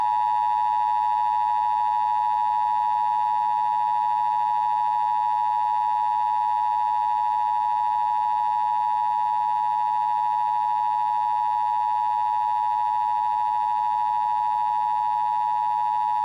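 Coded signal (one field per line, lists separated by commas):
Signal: Emergency Alert System (SAME) tones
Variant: 853 and 960 Hz attention tone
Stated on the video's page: Test broadcast in Boston on CBS during The Price is Right.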